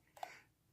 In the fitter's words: that in place between the tracks there slide it back and you'll hear an audible click and you